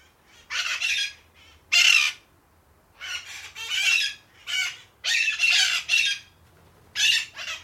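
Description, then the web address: Parakeets uttering loud, scratchy squawks in irregular bursts about once a second, some sharp and single, others drawn out and pulsing. Several parakeets calling angrily. "the sound pack tree. angry parakeets"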